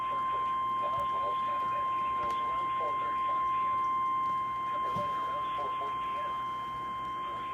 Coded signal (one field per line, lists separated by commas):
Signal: Emergency Alert System (SAME) tones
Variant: 853 and 960 Hz attention tone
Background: speech